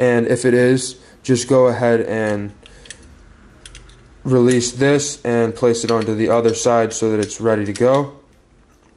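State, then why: Not seated. Someone talks while releasing an empty 120 film take-up spool and moving it to the other side of a Hasselblad 500C medium format camera's film back insert, with faint handling taps around 2.9 s and 3.7 s during a pause in speech. The spool will be twisted and turned until it clicks into place so nothing comes undone while shooting, but nothing has seated or clicked yet.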